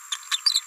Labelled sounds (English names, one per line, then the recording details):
Green-rumped Parrotlet babbling
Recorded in a nest box in Venezuela
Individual 18B17A3